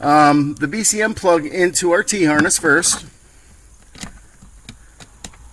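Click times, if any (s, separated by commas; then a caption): 5.2 s. Someone talks while the plastic body control module (BCM) connector of a 2013-2018 Toyota RAV4 push-to-start is plugged into the mating socket of a plug-and-play remote-start T-harness. After a quiet stretch with a few faint short ticks, a sharp latch click at 5.3 s marks the connector seated and locked.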